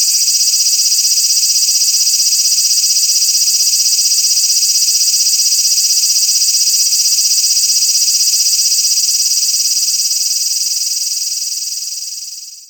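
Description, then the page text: Large brown cicada singing one continuous, loud, sizzling buzz that holds steady and then fades away at the end. "アブラゼミ（蝉）の鳴き声-sound-HIRingtone"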